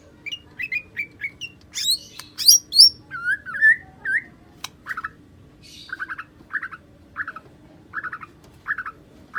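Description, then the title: White-rumped shama: songbird giving a varied run of sharp high notes and whistles, then a steady series of short, evenly spaced notes. "murai batu"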